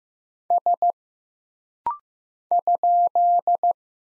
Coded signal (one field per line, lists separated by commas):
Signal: Morse code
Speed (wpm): 15 wpm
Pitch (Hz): 700 Hz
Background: none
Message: S ?